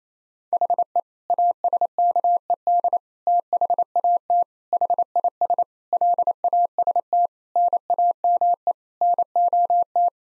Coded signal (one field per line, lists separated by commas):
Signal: Morse code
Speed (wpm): 28 wpm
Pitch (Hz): 700 Hz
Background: none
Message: HE ASKED THAT HIS LAST NAME NOT